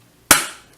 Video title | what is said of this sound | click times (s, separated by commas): Antique Folding Medium Format Film Camera Tutorial - Forward Film Camera and Vintage Channel | it clicks right we | 0.3 s